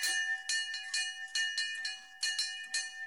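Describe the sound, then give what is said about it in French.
A bell rings out in quick, repeated strikes, about a dozen clangs over a few seconds, each layered over a steady, bright metallic tone that hangs between hits. No voices are present. “Au signal de la cloche, la petite troupe s'ébranla, silencieuse”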